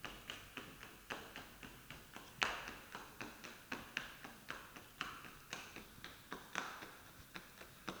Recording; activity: daily activity, guitar pickup as the sensor; run